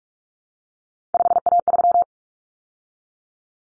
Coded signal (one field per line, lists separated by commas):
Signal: Morse code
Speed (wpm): 44 wpm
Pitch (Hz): 700 Hz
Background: none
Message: 5A3